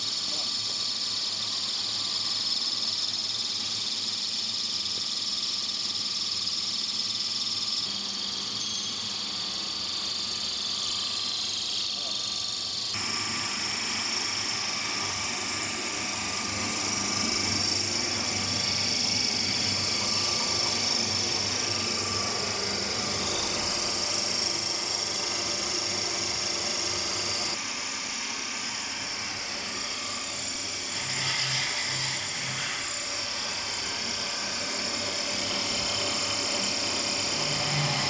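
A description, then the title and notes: A fish feed making machine runs steadily, a dense, even mechanical hum and whine with bright high-pitched tones over a low rumble. The level stays constant throughout, with slight shifts in tone around 13 and 27 seconds, and faint voices underneath. DGP-70 fish feed making machine.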